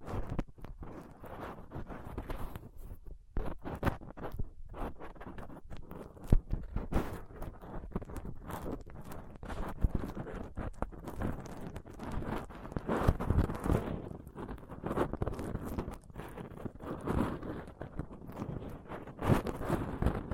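Rough picking at a microphone with a dental pick, tweezers and a cotton swab, heard as dense, irregular scratching and scraping with rapid clicks and taps throughout. Louder knocks stand out around six seconds and near the end, over a constant gritty rustle.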